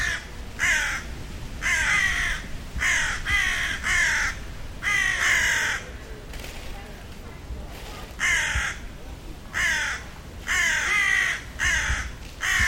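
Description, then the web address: Bird calls, long series of harsh, raspy caws in irregular groups of two and three, with brief pauses between bouts. "Deverinetal 2025 File origin Bird Only"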